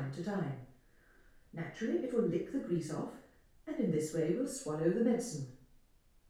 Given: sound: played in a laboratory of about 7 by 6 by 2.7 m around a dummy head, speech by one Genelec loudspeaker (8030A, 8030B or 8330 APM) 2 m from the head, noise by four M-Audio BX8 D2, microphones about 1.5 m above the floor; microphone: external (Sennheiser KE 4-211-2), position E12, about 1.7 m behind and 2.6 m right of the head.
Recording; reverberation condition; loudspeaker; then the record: female speech in English; medium; behind (180 degrees)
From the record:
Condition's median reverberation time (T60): about 510 ms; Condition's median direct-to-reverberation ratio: about -0.5 dB